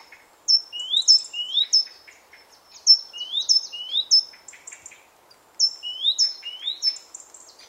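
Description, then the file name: Great tit calls: clipped high notes with rising whistled slurs, delivered in short bursts separated by brief pauses. "Parus major"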